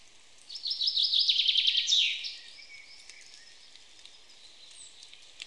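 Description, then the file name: Common chaffinch sings one rattling trill of high notes that ends in a short descending flourish, followed by quiet background chirps. "Fringilla coelebs"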